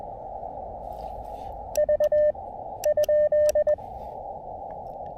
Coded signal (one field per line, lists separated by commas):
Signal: Morse code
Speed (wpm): 20 wpm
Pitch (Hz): 590 Hz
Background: none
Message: V ?